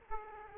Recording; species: mosquito wingbeat signal from an infrared sensor; Aedes aegypti